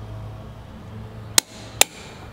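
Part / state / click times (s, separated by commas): click-type torque wrench on a wheel spacer lug nut / torque reached / 1.4 s, 1.8 s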